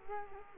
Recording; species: mosquito wingbeat signal from an infrared sensor; Culex quinquefasciatus